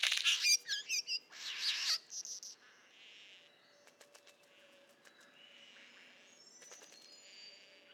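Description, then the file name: Golden bowerbird calling with loud, high twittering notes and a harsh burst in the first two seconds, followed by faint scattered ticks and soft whistles. "Prionodura Newtoniana"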